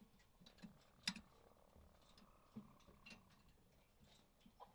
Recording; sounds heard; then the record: poultry house recording; sick chickens (respiratory disease)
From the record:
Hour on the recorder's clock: 4